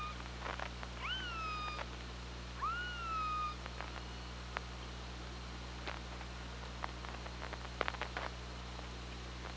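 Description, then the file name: Killer whale calls: two harmonic calls that sweep up sharply and then level off, each about a second long, over scattered clicks and steady low hum. Recorded on the OrcaLab hydrophone, 24 August 2017, 15:39:22. "Orca Lab UTLN JASON 20170824 153922"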